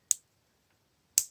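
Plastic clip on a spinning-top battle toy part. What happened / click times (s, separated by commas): The small plastic clips snapped into place / 0.1 s, 1.2 s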